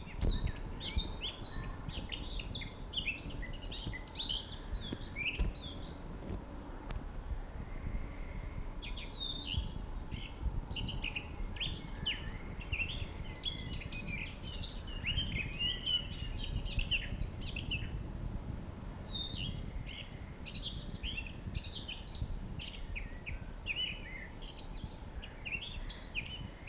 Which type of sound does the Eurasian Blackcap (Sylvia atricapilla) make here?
song